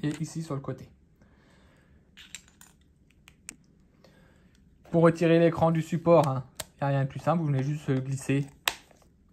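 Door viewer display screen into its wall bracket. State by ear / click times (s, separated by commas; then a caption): seated / 8.7 s. Someone talks while the indoor display screen of an EZVIZ CP4 connected door viewer is slid onto its plastic wall bracket, with a few faint small clicks between about 2.3 and 3.5 seconds. A single sharp snap at 8.7 seconds marks the screen clipping into the bracket, and it is seated.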